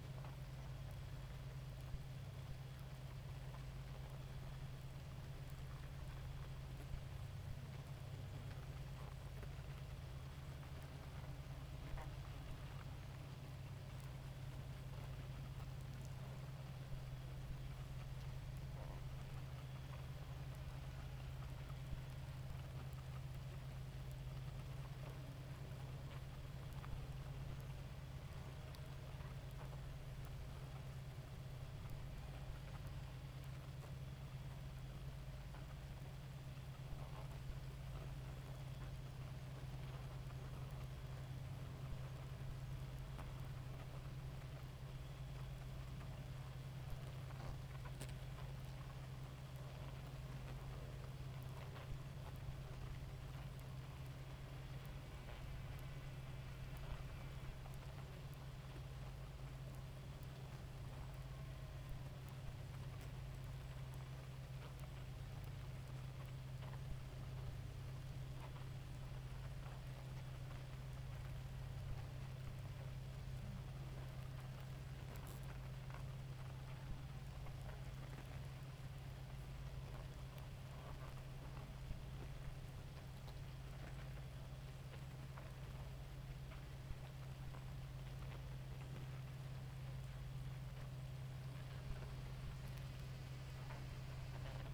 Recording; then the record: honeybee colony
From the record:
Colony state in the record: active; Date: 28 July 2017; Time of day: 2:35